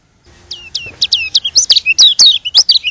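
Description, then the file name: White-eye song: a quick run of high, sweet twittering notes lasting about two and a half seconds. Lombok. "audio burung kecial lombok"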